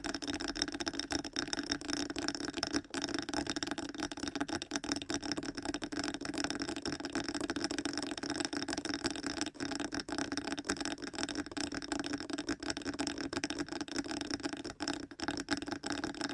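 Fast ear tapping runs as a dense, steady stream of rapid soft taps over a continuous low hum, with brief dips near three seconds.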